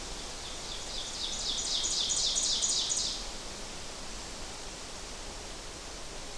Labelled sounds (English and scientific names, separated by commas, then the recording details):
Ovenbird (Seiurus aurocapilla) song
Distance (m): 35 m
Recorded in boreal forest in Alberta, Canada, on 12 June 2016 at 07:16
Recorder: SongMeter 3, array SBT-3-18
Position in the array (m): 240 m, 83 m
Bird 31